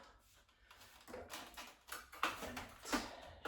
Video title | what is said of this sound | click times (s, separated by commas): Shark Carpet Xpert Stain Striker | It should click in there. | 2.2 s